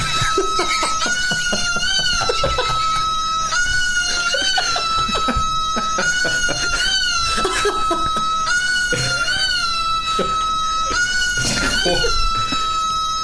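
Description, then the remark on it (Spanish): An ambulance siren ringtone plays loudly and steadily for the whole stretch, a high wailing tone with repeated rising sweeps, while voices chatter and shout over it. “El ringtone de ambulancia.”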